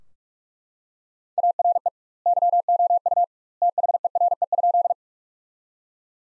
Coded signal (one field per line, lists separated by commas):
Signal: Morse code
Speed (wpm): 41 wpm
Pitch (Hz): 700 Hz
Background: none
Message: ARE YOU THERE?